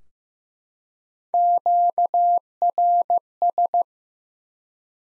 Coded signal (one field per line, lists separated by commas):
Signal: Morse code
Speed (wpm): 15 wpm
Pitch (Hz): 700 Hz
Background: none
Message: QRS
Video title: Top 180 QSO Elements 15wpm